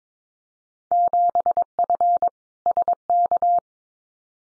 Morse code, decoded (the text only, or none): 7F SK